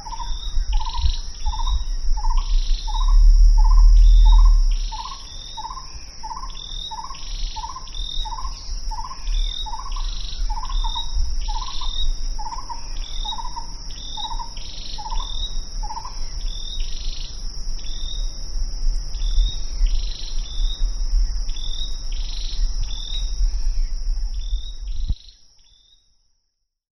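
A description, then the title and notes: Jungle ambience with a steady high insect whine, a bird repeating short chirps every second or so, and low rumbling thuds early on. Jungle sounds from Kep national park, Cambodia.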